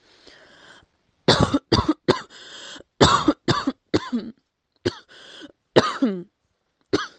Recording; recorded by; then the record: voluntary cough; messaging app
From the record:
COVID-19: negative